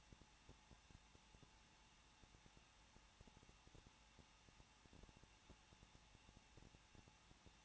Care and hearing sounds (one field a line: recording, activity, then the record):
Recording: daily activity, microphone in the room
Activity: no activity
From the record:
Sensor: 1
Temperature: 20.1 degrees Celsius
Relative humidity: 39.1%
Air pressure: 1006.4 hPa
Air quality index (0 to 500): 217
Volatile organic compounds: 75 ppm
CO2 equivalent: 3563 ppm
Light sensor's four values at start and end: 1/2/1/1 and 1/2/1/1